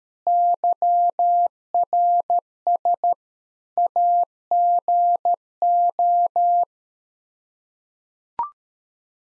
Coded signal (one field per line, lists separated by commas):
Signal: Morse code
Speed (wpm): 13 wpm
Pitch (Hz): 700 Hz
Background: none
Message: YRS AGO